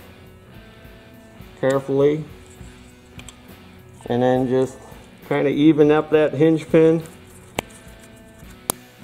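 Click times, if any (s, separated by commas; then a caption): 8.7 s. A carburetor float hinge pin is evened up and pressed into the retaining posts of a plastic lawn mower carburetor body (new plastic-style Briggs carb) while someone talks. Faint ticks are heard near 3.2 and 3.3 s, and a sharp tap comes at 7.6 s. The pin snaps into place with a loud, sharp click at 8.7 s, and it is seated.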